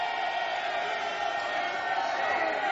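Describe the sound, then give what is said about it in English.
A large crowd cheers and roars continuously, a dense wash of many voices shouting at once with occasional whoops rising above the steady, loud din. “I'm out here in the crowd, Tom.”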